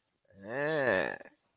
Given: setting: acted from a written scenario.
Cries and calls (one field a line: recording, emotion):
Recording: vocal sound without words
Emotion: contempt